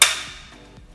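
The removable insert of a Philips Airfryer XXL is pressed into the air fryer basket until two small metal spring clips on the inside engage. It makes a single sharp, bright pop at 0.0 s that rings out and fades, followed by a few faint soft taps. The insert pops into place and is seated.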